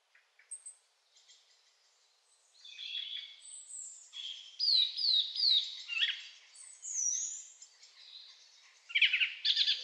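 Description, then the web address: Bird song, a quiet start building into continuous high twittering with fast down-slurred whistles and trills. Quiet birdsong meant as background sound for video editing. "zvuk s tiha pesen na ptici za fon montaz"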